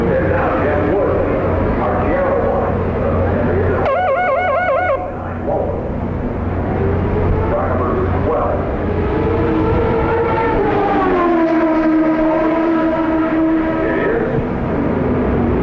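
IndyCar racing through downtown streets: a dense, steady roar with a wavering engine whine near four seconds and a long falling pitch-sweep near eleven.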